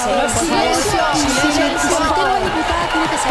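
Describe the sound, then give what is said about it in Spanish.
A large crowd at Plaza de Mayo shouts and jeers at a speech by Mauricio Macri in a loud, continuous roar, many overlapping voices heckling at once with no pause. “Estamos en la Plaza de Mayo y esta es la respuesta popular al discurso mentiroso y provocador de Mauricio Macri el día de hoy.”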